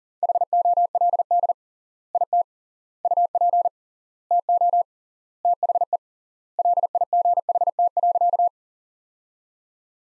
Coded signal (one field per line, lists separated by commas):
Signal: Morse code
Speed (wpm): 40 wpm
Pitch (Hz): 700 Hz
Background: none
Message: HOLD IT UP TO THE LIGHT.